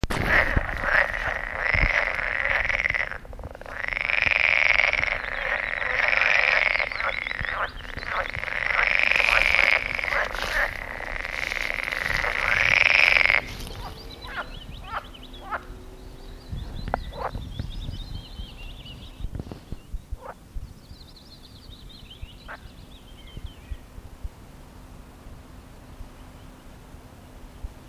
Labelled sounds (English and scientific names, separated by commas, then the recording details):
Edible Frog (Pelophylax esculentus) call
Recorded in the wild
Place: Mühlenbecker Land, Brandenburg, DE
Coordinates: 52.6833, 13.4
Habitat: pond
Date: 1965-05-30 15:00
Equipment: Magnetophon 300, Transistorverstärker, Sennheiser MD 421
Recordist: Tembrock, Günter